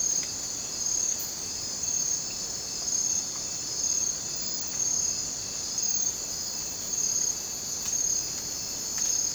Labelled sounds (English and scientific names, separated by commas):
none